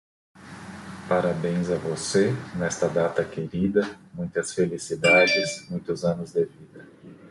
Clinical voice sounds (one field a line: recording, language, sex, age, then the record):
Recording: short text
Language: Brazilian Portuguese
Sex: male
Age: 40 to 49 years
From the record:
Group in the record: control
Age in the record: 44 years